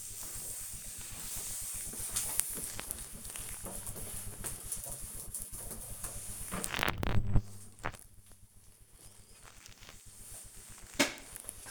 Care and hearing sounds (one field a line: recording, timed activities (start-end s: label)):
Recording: household activities, microphone on the right wrist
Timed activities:
0.00-2.08 s: cleaning bathroom
7.10-11.71 s: cleaning door